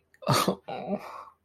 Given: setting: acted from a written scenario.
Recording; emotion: vocal sound without words; embarrassment